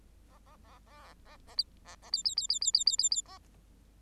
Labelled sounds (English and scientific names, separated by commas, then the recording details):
Bengalese Finch (Lonchura striata domestica) song
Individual Bird8